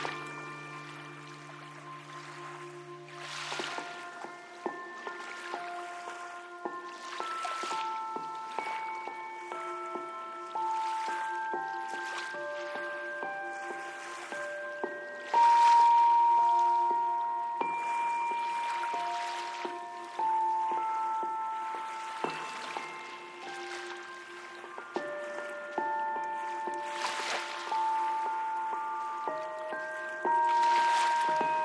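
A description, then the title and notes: Lapping river water washes in soft, bright splashes every couple of seconds beneath held piano and string-like notes. A low drone opens the piece and drops away after about three seconds, leaving higher sustained tones that swell slightly louder from the midpoint. Kelley Point Soundwalk distinctly captures the sound of the lapping Columbia River with ASMR-like sensitivity, forming a unique backdrop for piano, strings, and hushed, undulating synth drones.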